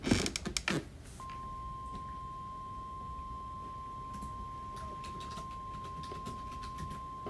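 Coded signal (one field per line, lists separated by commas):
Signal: Emergency Alert System (SAME) tones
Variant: 1050 Hz attention tone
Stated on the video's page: Real Hurricane Milton alerts, including hurricane and tornado warnings.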